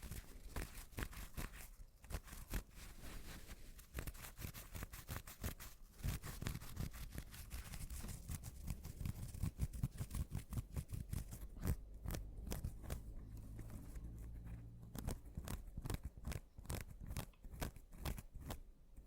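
Mini scratching fills the whole clip as a dense run of quick, rough strokes that crackle from low to bright. Around the twelfth second the strokes turn sharper and more evenly spaced, with a steady low hum underneath, before easing toward the end.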